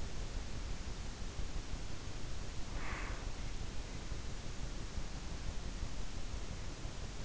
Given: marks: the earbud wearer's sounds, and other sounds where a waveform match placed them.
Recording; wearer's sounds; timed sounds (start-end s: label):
sounds in sleep by an in-ear microphone; breath
2.77-3.32 s: breath